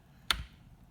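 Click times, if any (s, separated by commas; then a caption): 0.3 s. A 6-pin plastic PCIe power connector from a Corsair power supply is pushed into an MSI Radeon RX 580 graphics card while the card is held from underneath. A sharp, bright click at 0.3 s, followed by a short low thump, marks the connector seating, and a faint tick follows at 0.9 s.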